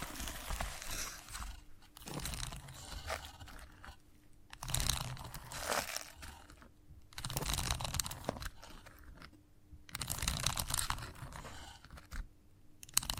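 Chalk scratching and scraping in rough bursts, each lasting one to two seconds, with brief quiet gaps between them. The strokes are gritty and crunchy, bright and dense, with small clicks and taps scattered through. A faint steady hum runs underneath.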